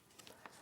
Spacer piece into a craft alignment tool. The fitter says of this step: Locking that into place there.